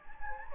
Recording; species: mosquito wingbeat signal from an infrared sensor; Anopheles gambiae